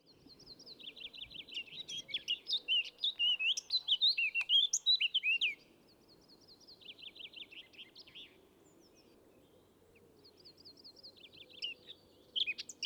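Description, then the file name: Eurasian blackcap singing rapid, scratchy, chattering phrases of high notes, loud for about five seconds, then quieter bursts after a pause, over a low steady background hum. "Sylvia atricapilla"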